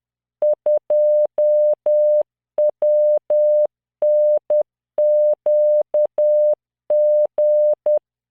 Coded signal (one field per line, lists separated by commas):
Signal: Morse code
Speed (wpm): 10 wpm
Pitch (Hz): 600 Hz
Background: none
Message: 2WNQG